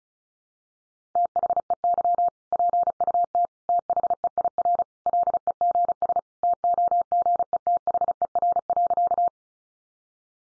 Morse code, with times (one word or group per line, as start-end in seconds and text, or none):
1.2-2.3 THEY
2.5-3.5 PUT
3.7-4.8 THEIR
5.1-6.2 LEGS
6.4-9.3 TOGETHER.